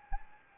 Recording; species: mosquito wingbeat signal from an infrared sensor; Anopheles arabiensis